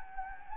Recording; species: mosquito wingbeat signal from an infrared sensor; Anopheles gambiae